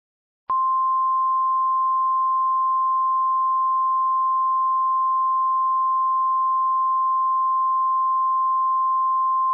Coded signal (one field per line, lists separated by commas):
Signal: Emergency Alert System (SAME) tones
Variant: 1050 Hz attention tone